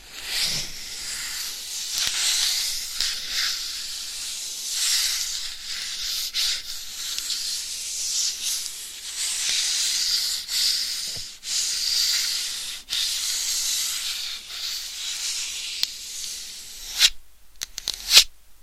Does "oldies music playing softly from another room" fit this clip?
no